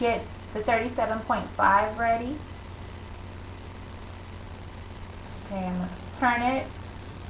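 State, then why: Not seated. Someone talks while handling a fertility injector pen, turning its dose dial to 37.5 before the plunger is pulled back in the pen body. A steady low hum runs underneath. Nothing has clicked or seated yet.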